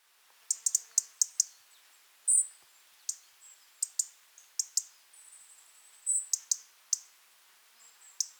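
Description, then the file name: European robin ticking repeatedly in quick irregular bursts, broken by thin, high, slightly wavering notes. "Erithacus rubecula"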